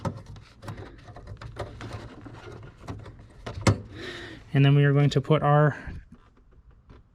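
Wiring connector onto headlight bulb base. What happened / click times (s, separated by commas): The electrical connector snapped onto the bulb base / 3.7 s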